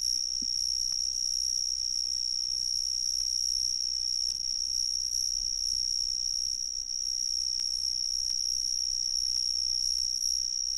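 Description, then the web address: Cicadas droning in one continuous shrill tone that holds level for the whole stretch, with a soft low background hum. "The Ridges Sanctuary. cicadas"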